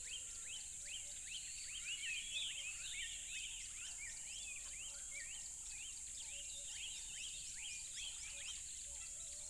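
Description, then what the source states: Crickets chirping in a steady, high continuous drone, while birds call over them with many quick rising and falling chirps and whistles. Crickets recorded at a tropical river.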